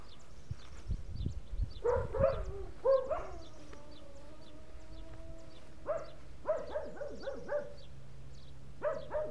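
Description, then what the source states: Dog barking in short bursts, a few yelping barks then a drawn-out whine, followed by a quick series of barks, with low background rumble. Dogs barking in the countryside.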